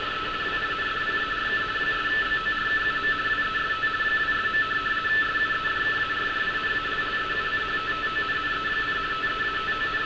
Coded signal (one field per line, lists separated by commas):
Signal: RTTY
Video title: Decoding RTTY navigation warnings from Hamburg, Germany